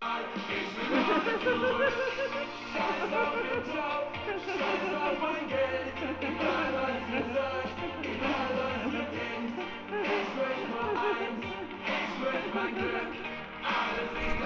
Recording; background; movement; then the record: laughter; music; sitting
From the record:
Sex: female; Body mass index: 36.4 kg/m2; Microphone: on the chest, facing outward